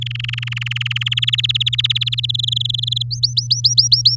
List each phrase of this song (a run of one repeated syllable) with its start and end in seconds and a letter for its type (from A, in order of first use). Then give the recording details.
0.01-1.03 A, 1.06-2.26 B, 2.29-3.03 C, 3.11-4.16 D. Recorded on 9 May 2018 at 06:33. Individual llb16